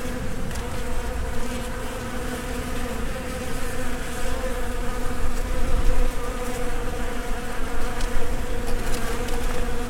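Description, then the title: Buzzing of bees, a thick droning hum that swells slightly in the second half, with occasional soft taps and crackles. Recorded between 2010 and 2012 during professional travels. "Abeilles"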